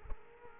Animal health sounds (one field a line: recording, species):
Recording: mosquito wingbeat signal from an infrared sensor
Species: Culex quinquefasciatus